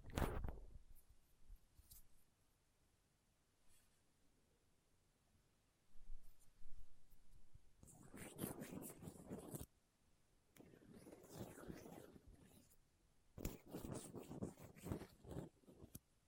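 A mic is picked and scraped with small tools, giving rough scratching bursts. A sharp knock opens, then quiet stretches with faint ticks until about six seconds, followed by dense, gritty scraping runs near eight, eleven to thirteen, and fourteen to sixteen seconds.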